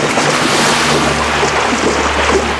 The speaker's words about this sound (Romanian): Râșnița continua să producă sare. Greutatea a fost prea mare și barca s-a scufundat cu toată lumea în ea.